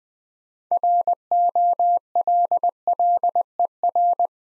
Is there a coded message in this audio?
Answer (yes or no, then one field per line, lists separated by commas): yes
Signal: Morse code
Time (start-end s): 0.7-4.3 s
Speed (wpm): 20 wpm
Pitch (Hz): 700 Hz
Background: none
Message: ROLLER